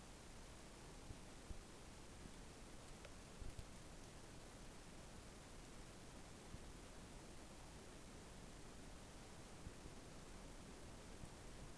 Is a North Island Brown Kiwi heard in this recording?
no